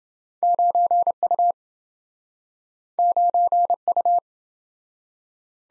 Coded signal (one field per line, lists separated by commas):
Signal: Morse code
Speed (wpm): 27 wpm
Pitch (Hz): 700 Hz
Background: none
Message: 9U 9U